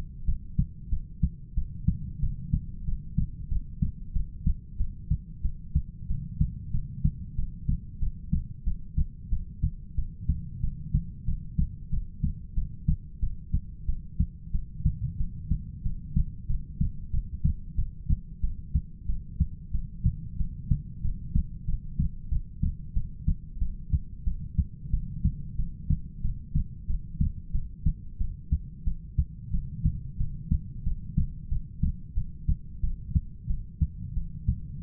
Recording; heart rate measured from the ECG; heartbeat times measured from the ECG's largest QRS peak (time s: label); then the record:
heart sounds by stethoscope; 92 bpm
0.26 s: heartbeat
0.90 s: heartbeat
1.55 s: heartbeat
2.21 s: heartbeat
2.85 s: heartbeat
3.49 s: heartbeat
4.14 s: heartbeat
4.78 s: heartbeat
5.43 s: heartbeat
6.08 s: heartbeat
6.72 s: heartbeat
7.36 s: heartbeat
8.00 s: heartbeat
8.65 s: heartbeat
9.30 s: heartbeat
9.96 s: heartbeat
10.61 s: heartbeat
11.26 s: heartbeat
11.91 s: heartbeat
12.55 s: heartbeat
13.21 s: heartbeat
13.87 s: heartbeat
14.52 s: heartbeat
15.18 s: heartbeat
15.84 s: heartbeat
16.48 s: heartbeat
17.12 s: heartbeat
17.76 s: heartbeat
18.42 s: heartbeat
19.07 s: heartbeat
19.72 s: heartbeat
20.38 s: heartbeat
21.03 s: heartbeat
21.66 s: heartbeat
22.30 s: heartbeat
22.94 s: heartbeat
23.60 s: heartbeat
24.25 s: heartbeat
24.92 s: heartbeat
25.57 s: heartbeat
26.22 s: heartbeat
26.88 s: heartbeat
27.53 s: heartbeat
28.19 s: heartbeat
28.85 s: heartbeat
29.52 s: heartbeat
30.18 s: heartbeat
30.84 s: heartbeat
31.50 s: heartbeat
32.15 s: heartbeat
32.82 s: heartbeat
33.48 s: heartbeat
34.15 s: heartbeat
34.81 s: heartbeat
From the record:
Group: heart failure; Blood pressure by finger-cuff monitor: 88/54 mmHg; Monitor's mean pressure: 65 mmHg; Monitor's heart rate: 92 bpm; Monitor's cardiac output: 7.9 L/min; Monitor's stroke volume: 85 mL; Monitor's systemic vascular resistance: 580 dyn s/cm5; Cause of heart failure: ischemic heart disease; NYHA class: 1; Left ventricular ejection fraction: 38%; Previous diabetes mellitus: present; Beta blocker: bisoprolol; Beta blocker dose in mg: 15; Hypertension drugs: sacubitril-valsartan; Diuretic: furosemide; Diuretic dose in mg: 20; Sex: male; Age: 33 years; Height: 172 cm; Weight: 78.5 kg